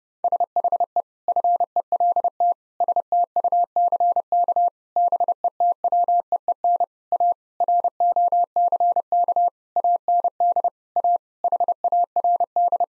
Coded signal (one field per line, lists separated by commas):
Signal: Morse code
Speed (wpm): 30 wpm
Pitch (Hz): 700 Hz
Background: none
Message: SHE FELT STUCK BETWEEN A ROCK AND A HARD